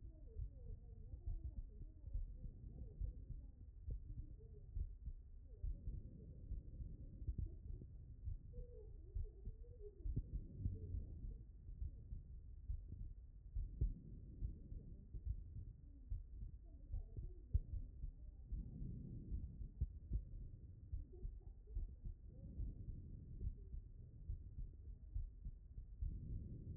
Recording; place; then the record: heart sounds by stethoscope; pulmonary valve (PV)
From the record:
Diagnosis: non-HFrEF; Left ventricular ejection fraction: 67%